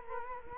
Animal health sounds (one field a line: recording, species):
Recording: mosquito wingbeat signal from an infrared sensor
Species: Culex quinquefasciatus